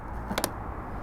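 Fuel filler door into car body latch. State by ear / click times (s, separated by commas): seated / 0.4 s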